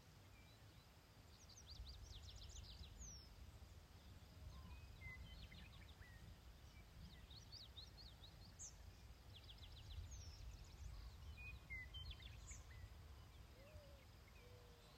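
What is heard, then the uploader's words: Birdsong on open prairie, with short bright phrases and trills scattered through the fifteen seconds, some sharp high chirps around three, nine, ten and twelve seconds. A steady low rumble of wind sits underneath throughout, fairly strong against the thin calls. Just over a minute of birdsong at American Prairie. Including the western meadowlark.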